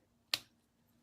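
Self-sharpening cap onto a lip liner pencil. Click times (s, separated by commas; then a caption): 0.3 s. A plastic self-sharpening cap is pushed onto a lip liner pencil, giving a single sharp, bright click at 0.3 s, followed by a fainter, softer tap near 1.0 s. The cap seats, and the click means it has shaved the tip sharp.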